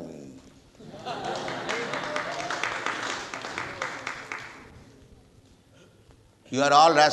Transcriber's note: devotees cheer and applaud